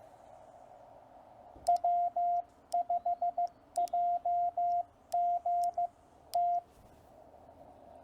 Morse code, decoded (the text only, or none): W5JGT